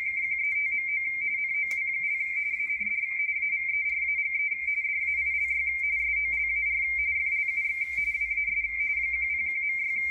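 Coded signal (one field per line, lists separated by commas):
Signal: RTTY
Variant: Baudot, 170 Hz shift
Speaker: depending on the day of the week the digital broadcast is in different modes tonight it's in Baldo rtty 170 Hertz shift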